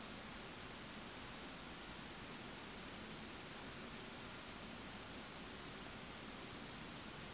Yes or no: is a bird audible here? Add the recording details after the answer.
no. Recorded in France